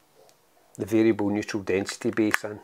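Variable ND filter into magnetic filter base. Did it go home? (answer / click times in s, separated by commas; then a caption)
no / none. A Freewell variable ND filter is handled over its magnetic filter base, with a faint tick near 0.3 s while someone talks. Nothing has seated or clicked yet; the clip ends just before the filter goes home.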